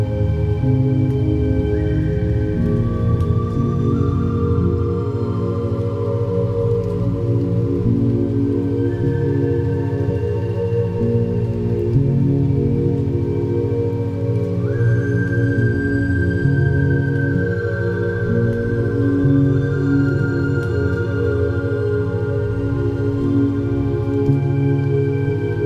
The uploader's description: Binaural Beats 417hz + Beta Waves 14 Hz ,flute, rain